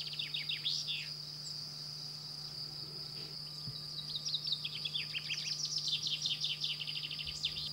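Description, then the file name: Common chaffinch singing two phrases, a short opening burst and then a long trill of falling notes, against a constant high whine and low hum. "Pinson des arbres Common Chaffinch Buchfink Fringilla coelebs"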